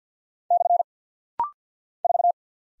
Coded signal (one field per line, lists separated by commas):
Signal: Morse code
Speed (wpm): 48 wpm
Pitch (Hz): 700 Hz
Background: none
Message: / 4